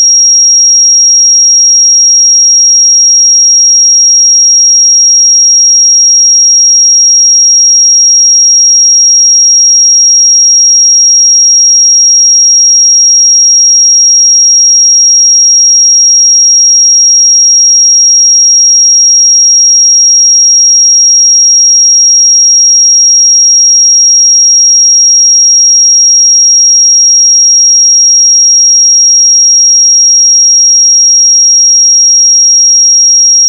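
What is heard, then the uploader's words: A pure sine tone at 5618 Hz sounds without a break for the whole half minute. The pitch is high and thin, and both pitch and loudness hold perfectly steady from start to finish, with no other sounds behind it. 5618 Hz 1 Hz Interval Sine Pure Tone Frequency 441000 Sample Mono.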